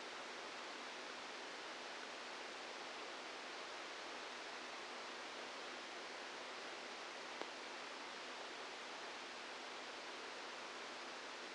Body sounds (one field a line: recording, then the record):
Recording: brain microelectrode recording played as sound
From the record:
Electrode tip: inside the subthalamic nucleus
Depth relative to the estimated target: 0 mm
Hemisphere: left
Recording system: NeuroSet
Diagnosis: Parkinson's disease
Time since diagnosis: 12 years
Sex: male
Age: 61 years